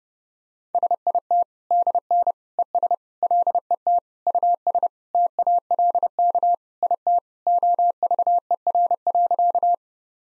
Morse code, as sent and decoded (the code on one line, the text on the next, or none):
... .. - / -.. -. / . ... / .-.. . - / ..- ... / - .- .-.. -.- / .. - / --- ...- . .-. .-.-.-
SIT DN ES LET US TALK IT OVER.